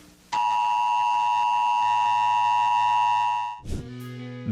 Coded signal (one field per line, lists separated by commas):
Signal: Emergency Alert System (SAME) tones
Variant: 853 and 960 Hz attention tone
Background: music